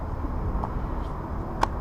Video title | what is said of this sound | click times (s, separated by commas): How to Install 4Runner Bumper onto 89-95 Toyota Pickup and Bumper Light Mod | you actually can insert it and you can spin it now and it locks into place | 1.6 s